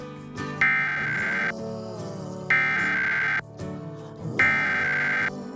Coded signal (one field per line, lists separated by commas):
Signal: Emergency Alert System (SAME) tones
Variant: header bursts